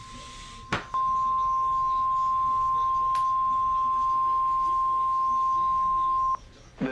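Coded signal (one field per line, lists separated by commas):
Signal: Emergency Alert System (SAME) tones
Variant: 1050 Hz attention tone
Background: speech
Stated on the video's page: Severe weather SAME alerts received on NOAA Weather Radio and on a broadcast station.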